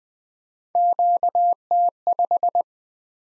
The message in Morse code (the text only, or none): QT5